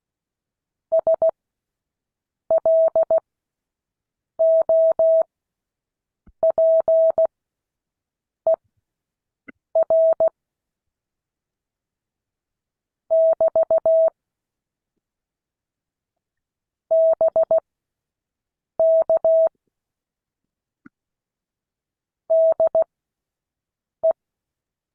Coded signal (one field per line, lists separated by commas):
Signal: Morse code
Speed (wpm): 16 wpm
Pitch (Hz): 650 Hz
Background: none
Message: SLOPER <BT> BK DE